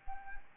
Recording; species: mosquito wingbeat signal from an infrared sensor; Anopheles arabiensis